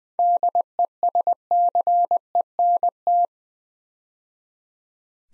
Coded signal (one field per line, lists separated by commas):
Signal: Morse code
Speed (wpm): 20 wpm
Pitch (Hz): 700 Hz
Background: none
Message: DESCENT